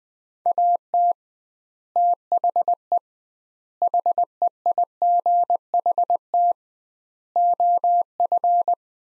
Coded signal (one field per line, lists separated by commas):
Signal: Morse code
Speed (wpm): 21 wpm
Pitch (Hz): 700 Hz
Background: none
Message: AT THE HEIGHT OF